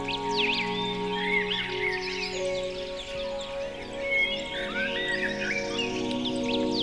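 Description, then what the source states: Birds singing, many quick chirps and whistled, sweeping notes over a steady backdrop of sustained instrumental music tones. Birdsong mixed with music.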